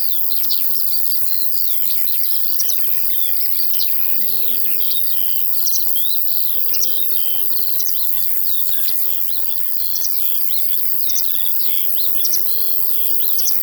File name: Sounds from a Field Larks and Crickets